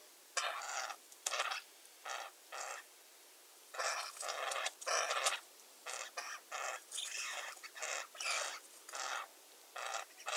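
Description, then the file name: Eurasian jay calling with a long run of many rasping, noisy screeches in uneven clusters throughout. "Garrulus glandarius"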